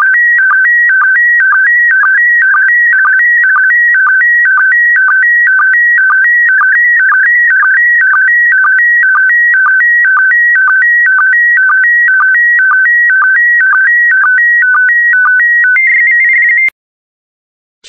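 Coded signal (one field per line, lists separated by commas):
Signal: SSTV (slow-scan television)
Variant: PD120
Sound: steady repeating warble alternating high and low tones with short low sync blips, twice a second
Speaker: get ready starting transmission in 5 4 3 2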